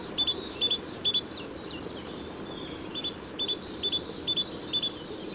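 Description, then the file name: Great tit, a few high sharp notes at first, then a fainter run of clipped double notes after a brief pause. "Parus major"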